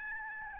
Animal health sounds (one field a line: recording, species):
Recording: mosquito wingbeat signal from an infrared sensor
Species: Aedes albopictus